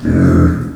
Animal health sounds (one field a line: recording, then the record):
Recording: squeal of a Yucatan mini pig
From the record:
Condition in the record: after surgery on the right vocal fold (resection and tissue-engineered implant)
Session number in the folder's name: 7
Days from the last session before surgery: 47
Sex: female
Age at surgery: 19 weeks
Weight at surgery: 25 kg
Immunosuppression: prednisolone